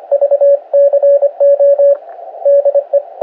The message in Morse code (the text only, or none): VCO DE